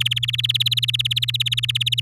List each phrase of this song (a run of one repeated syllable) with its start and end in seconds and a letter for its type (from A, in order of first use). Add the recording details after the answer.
0.00-2.00 A. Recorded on 11 May 2018 at 06:15. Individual llb16